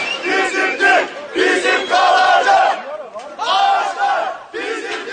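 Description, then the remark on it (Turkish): A loud crowd at Amasya Park chants and shouts together in bursts, many voices rising and falling in rhythmic waves with brief lulls between them. “Amasya Parkı'ndan sesler.”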